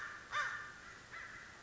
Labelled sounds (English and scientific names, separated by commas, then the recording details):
American Crow (Corvus brachyrhynchos)
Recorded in Sonoma County, California